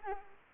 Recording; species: mosquito wingbeat signal from an infrared sensor; Anopheles arabiensis